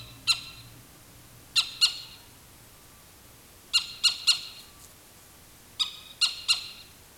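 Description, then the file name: Animal alarm calls: scattered harsh notes, singly or in small groups, with long quiet spaces between groups. "SLA alarm"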